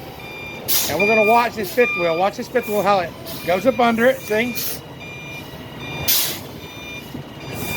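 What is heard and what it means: A truck tractor reverses slowly so its fifth wheel slides up under the trailer apron toward the kingpin, with reversing beeps sounding over engine noise while someone talks. Nothing has locked or clicked yet; the fifth wheel is still sliding under the trailer before coupling.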